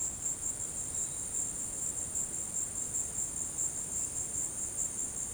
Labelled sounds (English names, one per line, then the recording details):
none
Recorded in dense forest near Puerto Asís, Putumayo, Colombia, on 21 February 2024 at 16:30
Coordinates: 0.486, -76.316
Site G6437